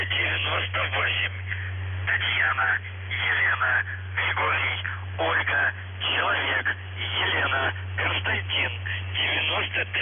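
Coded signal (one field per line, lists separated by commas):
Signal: numbers station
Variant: UVB-76, Russian voice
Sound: a voice reading words and numbers over a steady low drone, narrow radio bandwidth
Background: radio static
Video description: Callsign: NZhTI (НЖТИ) Message text: 59 398 TEGOChYeK (ТЕГОЧЕК) 93 76 56 93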